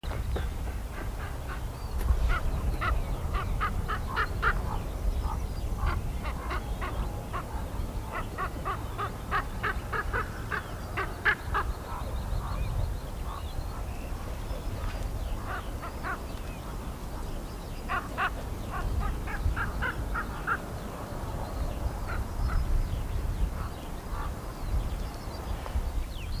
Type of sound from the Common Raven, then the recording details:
flight call. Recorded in the wild. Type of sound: flight call. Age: adult. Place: Lüdersdorf, Barnim, Brandenburg, DE. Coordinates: 52.9206, 14.0711. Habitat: tree-lined road. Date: 2006-04-15. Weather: overcast, 3°C, light to moderate westerly winds. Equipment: Marantz PMD 671, Sennheiser MKH 70 (-10dB), Popschutz. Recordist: Frommolt, Karl-Heinz. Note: Am Ortsausgang von Lüdersdorf: zwei Kolkraben im Flug rufend